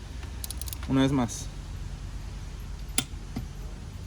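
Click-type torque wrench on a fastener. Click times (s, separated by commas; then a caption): 3.0 s. A click-type torque wrench is tightened again on a fastener while someone talks briefly, with a few faint ticks early on. The wrench gives a sharp click at 3.0 s, showing it has reached the set torque, and tightening should stop there.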